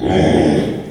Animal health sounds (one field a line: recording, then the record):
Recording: squeal of a Yucatan mini pig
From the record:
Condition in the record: after surgery on the right vocal fold (resection and tissue-engineered implant)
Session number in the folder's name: 3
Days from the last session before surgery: 33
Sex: male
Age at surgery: 12 weeks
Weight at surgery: 13 kg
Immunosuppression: cyclosporine, prednisolone